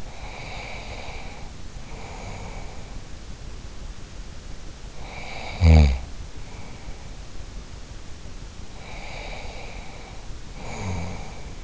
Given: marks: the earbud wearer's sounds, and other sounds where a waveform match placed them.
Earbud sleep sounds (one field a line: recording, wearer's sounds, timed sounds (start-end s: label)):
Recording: sounds in sleep by an in-ear microphone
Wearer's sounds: breath, snoring breath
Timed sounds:
0.00-3.16 s: breath
4.97-7.09 s: snoring breath
8.70-11.64 s: snoring breath